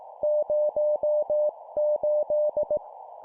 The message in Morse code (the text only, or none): 08